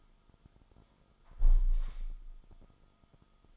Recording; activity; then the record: daily activity, microphone in the room; close window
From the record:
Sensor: 5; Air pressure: 1004.7 hPa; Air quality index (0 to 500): 84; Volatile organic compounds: 2 ppm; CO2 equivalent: 1016 ppm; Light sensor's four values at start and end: 34/80/32/31 and 34/80/32/31